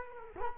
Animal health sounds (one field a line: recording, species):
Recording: mosquito wingbeat signal from an infrared sensor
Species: Culex quinquefasciatus